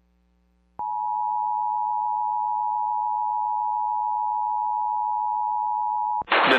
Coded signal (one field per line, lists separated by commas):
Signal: Emergency Alert System (SAME) tones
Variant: 853 and 960 Hz attention tone